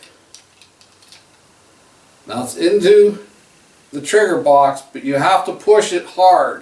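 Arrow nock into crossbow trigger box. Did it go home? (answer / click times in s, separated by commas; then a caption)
no / none. An arrow is slid back along a Ravin R500 crossbow toward the trigger box, making a few faint, quick taps and ticks in the first second or so. Someone then talks through the rest of the clip. The nock has not seated or clicked into the trigger box yet.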